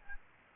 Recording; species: mosquito wingbeat signal from an infrared sensor; Aedes albopictus